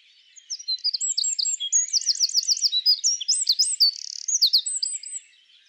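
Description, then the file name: Eurasian wren song: a fast, loud outpouring of high, sharp notes with rapid rattling trills, lasting about five seconds. "Troglodytes troglodytes"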